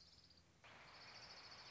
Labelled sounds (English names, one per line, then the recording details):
Orange-crowned Warbler
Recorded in Sonoma County, California